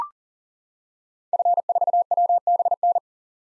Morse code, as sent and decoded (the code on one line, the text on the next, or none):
..-. ....- .-- -... -.
F4WBN